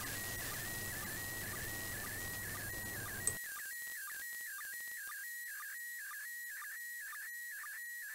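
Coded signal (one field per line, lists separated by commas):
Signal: SSTV (slow-scan television)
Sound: steady high warbling tone interrupted by short regular chirping dips, about twice a second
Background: radio static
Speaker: i nareszcie udało się bardzo silny sygnał akurat rzem na taśmę tenel odu doł minuta widoczności piękny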